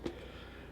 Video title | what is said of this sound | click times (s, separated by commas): Beyerdynamic Custom One Pro Review | you can hear it snapping there | 0.1 s